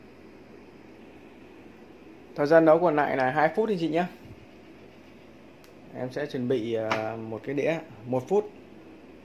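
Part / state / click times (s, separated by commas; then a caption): pressure lock valve on the lid of an electric pressure rice cooker / released / 5.6 s. Near the end of cooking in a new, unused Toshiba 1L RC-10VGD electric pressure rice cooker, the pressure lock valve on the lid releases with a short click at 5.6 s as the timer drops from 2 minutes to 1 minute. Someone talks before and after the click against a steady low hum. The valve is now open, so the lid can be opened.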